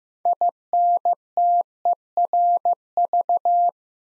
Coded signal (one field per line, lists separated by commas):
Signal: Morse code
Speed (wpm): 15 wpm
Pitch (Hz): 700 Hz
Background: none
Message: INTERV